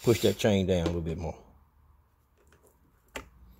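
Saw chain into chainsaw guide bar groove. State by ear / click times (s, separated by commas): seated / 3.2 s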